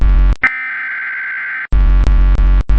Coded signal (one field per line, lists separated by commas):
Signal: Emergency Alert System (SAME) tones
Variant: header bursts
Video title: EAS Scenario #7: Reactor Arkansas 1 Error